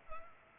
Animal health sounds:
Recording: mosquito wingbeat signal from an infrared sensor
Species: Culex pipiens

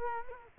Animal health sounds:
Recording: mosquito wingbeat signal from an infrared sensor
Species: Culex quinquefasciatus

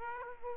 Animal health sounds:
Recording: mosquito wingbeat signal from an infrared sensor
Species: Aedes aegypti

